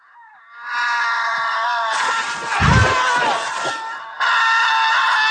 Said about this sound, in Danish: Altså, og vi får det længste skrig, jeg nogensinde har hørt i en film, hvor en bliver sprættet op, og så skriger han bare i smerte, og så skal vi vel have den? Ja, kom med.